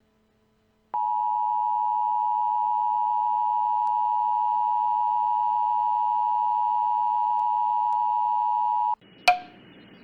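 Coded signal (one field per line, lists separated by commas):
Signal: Emergency Alert System (SAME) tones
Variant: 853 and 960 Hz attention tone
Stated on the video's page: Recreation of an EAS winter storm warning for Omaha, Nebraska.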